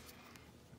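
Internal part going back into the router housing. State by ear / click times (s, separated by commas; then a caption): not seated / none. An internal part is being fitted back into the housing of a D-Link AC 1200 DIR-822 router during reassembly, and it proves harder to get back in than expected. Quiet handling and scraping sounds are heard, with one brief faint tick at about 0.4 s. Nothing has seated or clicked yet.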